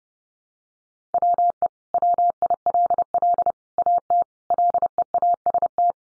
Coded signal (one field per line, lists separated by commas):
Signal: Morse code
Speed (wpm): 30 wpm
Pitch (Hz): 700 Hz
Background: none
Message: WE WILL AT LEAST